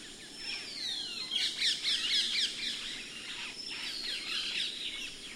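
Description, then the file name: Common myna calling: descending whistles mixed with bursts of harsh chatter, the pattern given twice. "Martin triste"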